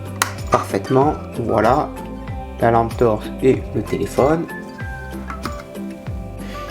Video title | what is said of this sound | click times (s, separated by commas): Build The FDNY Fire Truck Tower Ladder 9 1/24 Agora Models PACK 3 | ce clip parfaitement | 0.2 s